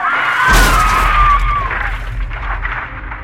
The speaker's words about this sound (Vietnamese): Một cái tiếng va chạm của tai nạn giao thông rất lớn, rồi điện thoại không liên lạc được luôn.